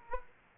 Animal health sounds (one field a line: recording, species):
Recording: mosquito wingbeat signal from an infrared sensor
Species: Aedes aegypti